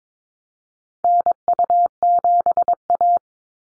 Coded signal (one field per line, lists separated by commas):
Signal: Morse code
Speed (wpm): 22 wpm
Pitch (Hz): 700 Hz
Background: none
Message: NU7A